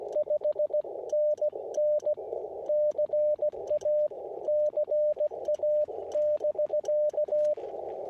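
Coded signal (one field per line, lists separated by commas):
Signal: Morse code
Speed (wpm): 16 wpm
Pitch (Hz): 600 Hz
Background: radio noise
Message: 5NN CA CA <BK>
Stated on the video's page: Park activation at Santa Rosa Plateau Ecological Reserve, including a DX contact; windy conditions.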